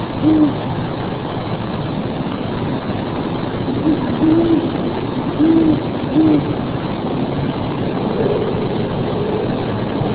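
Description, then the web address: Owl giving low, soft hoots, one early then a cluster of three or four around the middle, with a constant rushing noise like traffic throughout. "natsound owl ra"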